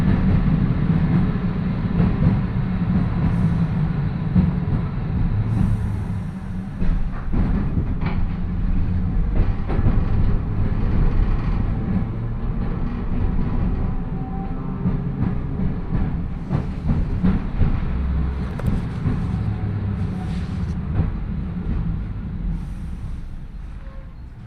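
An electric train with nose-suspended traction motors gives a heavy, continuous growl. The deep rumble stays dense and loud for most of the run, with scattered clicks and rattles from the rails, and eases slightly toward the end.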